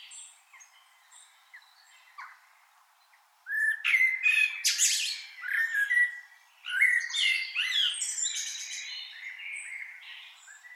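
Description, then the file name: Common blackbird calling: soft, sparse notes at first, then a burst of loud, squeaky chattering and warbled phrases with sharp high twitters over several seconds. "Turdus merula"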